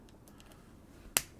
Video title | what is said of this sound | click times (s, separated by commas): One Computer Zoom System // The Sound Professionals | that make sure it snaps into place | 1.2 s